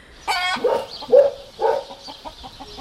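Chickens cluck and squawk: a sharp, harmonic squawk opens, followed by three or four throaty clucks in an uneven rhythm, then softer chatter trailing off. No one speaks.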